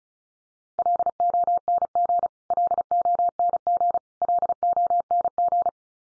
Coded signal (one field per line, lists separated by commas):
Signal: Morse code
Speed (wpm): 34 wpm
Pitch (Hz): 700 Hz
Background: none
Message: LONG LONG LONG